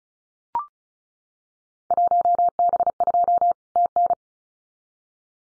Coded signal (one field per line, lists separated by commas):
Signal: Morse code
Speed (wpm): 34 wpm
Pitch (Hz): 700 Hz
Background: none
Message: 1B2 TN